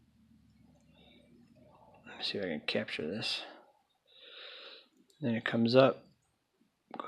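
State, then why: Seated. Someone talks while an interchangeable metal tip head is fitted into Harbor Freight multi-head snap ring pliers. A retaining piece comes up over the head, and a short double click at 6.9 and 7.0 seconds marks the tip head locking into place.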